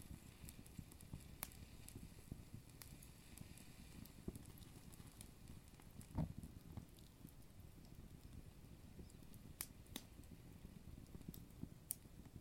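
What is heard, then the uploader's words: A fire burns with a steady, low, soft roar underneath. Sharp crackles and snaps pop irregularly throughout, a few every second, with a louder pop just past the six-second mark and bright cracks near ten and twelve seconds. Cozy Winter Ambiance with Crackling Fire Sounds. The gentle roar of the fire, the soft crackles, and the flickering flames create a cozy ambiance.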